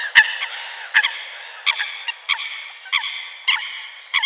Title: Sylvain Jaskowiak - Mes piafs. Foulques macroule